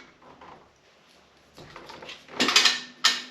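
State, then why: Seated. An air hose is pulled out of a wall-mounted retractable air hose reel, with soft rattling as it unwinds. The reel's ratchet pawl clicks sharply into its lock positions at 2.6 s and 3.1 s, so the hose holds where it is stopped.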